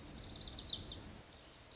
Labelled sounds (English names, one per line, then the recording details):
Lazuli Bunting
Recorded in Sonoma County, California